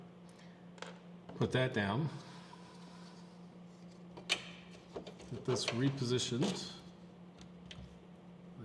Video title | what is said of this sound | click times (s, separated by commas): Porsche 911 (991) Series: Windshield Washer Line Replacement | like so and snapped back into place then you can simply | 7.7 s